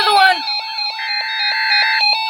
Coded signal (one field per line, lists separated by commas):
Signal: Emergency Alert System (SAME) tones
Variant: header bursts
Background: speech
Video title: EAS #90 - 92 4TH TRIPLE HEADER SEVERE THUNDERSTORM WARNING!!